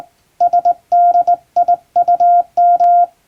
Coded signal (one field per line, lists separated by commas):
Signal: Morse code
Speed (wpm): 19 wpm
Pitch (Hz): 700 Hz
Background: none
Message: SDIUM